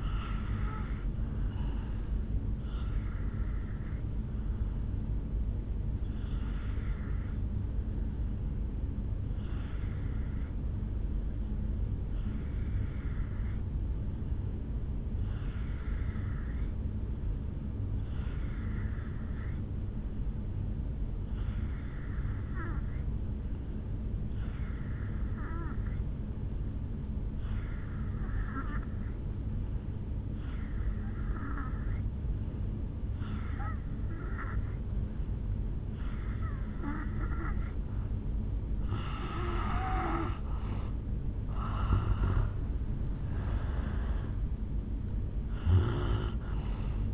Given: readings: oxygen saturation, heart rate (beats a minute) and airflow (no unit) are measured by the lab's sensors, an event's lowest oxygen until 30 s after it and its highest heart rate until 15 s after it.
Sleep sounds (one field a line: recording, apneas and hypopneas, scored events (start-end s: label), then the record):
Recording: breathing in sleep by a smartphone at the bedside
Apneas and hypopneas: 1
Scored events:
5.00-37.60 s: hypopnea (N2, oxygen 95% highest, then 82% lowest, heart rate 63 at the start, 73 highest)
From the record:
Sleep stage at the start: N2 (light sleep)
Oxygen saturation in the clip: 82 to 95%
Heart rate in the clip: 56 to 71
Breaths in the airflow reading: 11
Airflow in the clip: -9.2 to 4.7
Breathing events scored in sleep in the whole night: 449 in 7.0 hours asleep